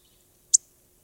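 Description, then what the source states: Yellow-rumped warbler call: a single brief, high chip note in an otherwise quiet background. Call note heard at this time of year when the birds are not singing; less sharp than a sparrow's chip, not metallic like a cardinal's, a little more sputtered.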